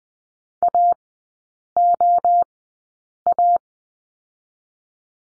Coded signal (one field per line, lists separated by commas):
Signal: Morse code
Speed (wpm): 20 wpm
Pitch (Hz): 700 Hz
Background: none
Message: AOA